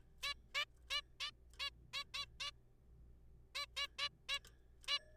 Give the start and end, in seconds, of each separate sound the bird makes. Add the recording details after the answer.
0.23-0.34, 0.55-0.65, 0.90-1.01, 1.20-1.30, 1.60-1.70, 1.93-2.03, 2.14-2.25, 2.40-2.51, 3.55-3.66, 3.77-3.87, 3.99-4.08, 4.29-4.39, 4.88-4.98. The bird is a juvenile. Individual R3428